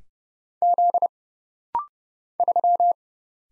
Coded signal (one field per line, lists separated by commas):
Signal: Morse code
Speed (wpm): 30 wpm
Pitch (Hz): 700 Hz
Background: none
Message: Z 3